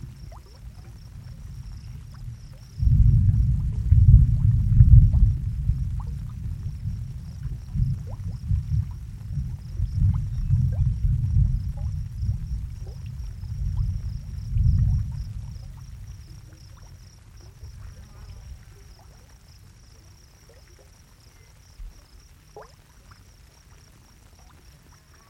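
A hot pool bubbles gently with small, scattered pops and ticks, while crickets hold a thin, steady high chirring throughout. At about three seconds a deep, rolling rumble of thunder begins, surging for roughly twelve seconds before fading into the quieter bubbling.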